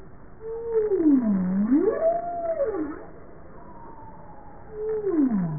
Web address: Bowhead